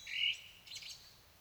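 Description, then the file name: Common blackbird uttering one clear fluted note, then a short, squeaky high twitter trailing off into quiet. "Turdus merula"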